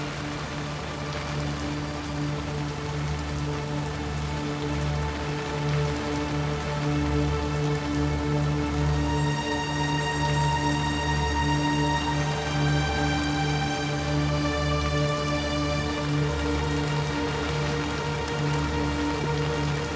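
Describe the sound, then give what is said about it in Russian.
A heavy night-time downpour at a funeral, where everyone stands under black umbrellas, pours steadily for the whole stretch, a dense unbroken hiss of rain with low sustained tones humming beneath it and no voices. “Ночь, ливень, похороны.”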